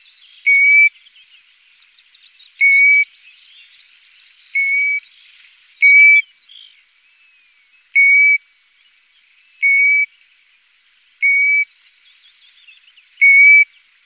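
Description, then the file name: European golden plover calls: a single clear, plaintive whistle repeated several times at somewhat uneven intervals. "Ljungpipare"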